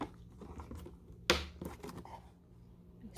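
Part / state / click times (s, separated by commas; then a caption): water tank into carpet cleaner / seated / 1.3 s. An emptied plastic water tank is popped back into a Hoover PowerDash carpet cleaner, with quiet handling rustles before a sharp click at 1.3 s. Softer knocks follow, and a louder bump comes at the very end. The tank is seated.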